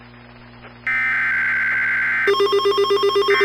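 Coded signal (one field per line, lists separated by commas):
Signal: Emergency Alert System (SAME) tones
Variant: header bursts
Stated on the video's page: Fictional EAS scenario recreation.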